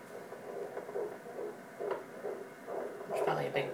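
Rapid rhythmic whooshing pulses at about 140 per minute, a fetal heartbeat on a Doppler monitor during a prenatal exam.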